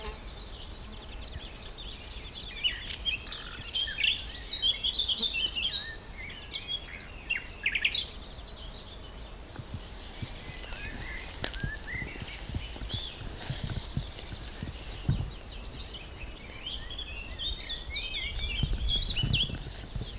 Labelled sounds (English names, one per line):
Eurasian Blackcap song